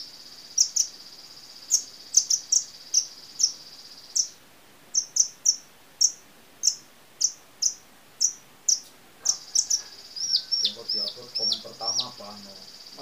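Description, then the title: Small bird giving short high chirps in a steady series over a steady high whine. Lower chattering notes enter near the end. "Burung Kecil"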